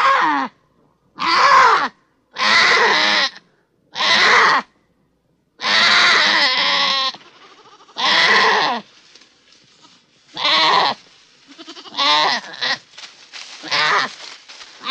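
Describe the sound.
Goats bleating: about ten loud, harsh, wavering bleats with short pauses between, and softer sounds in the later gaps.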